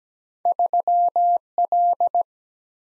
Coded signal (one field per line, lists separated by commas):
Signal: Morse code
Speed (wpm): 17 wpm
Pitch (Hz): 700 Hz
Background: none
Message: 3 L